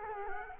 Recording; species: mosquito wingbeat signal from an infrared sensor; Culex quinquefasciatus